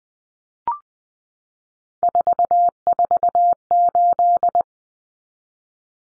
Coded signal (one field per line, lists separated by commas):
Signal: Morse code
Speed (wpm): 20 wpm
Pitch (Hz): 700 Hz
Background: none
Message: 448